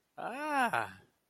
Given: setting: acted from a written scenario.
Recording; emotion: vocal sound without words; positive surprise